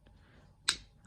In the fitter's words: you hear that nice click, but it takes a significant amount of pressure.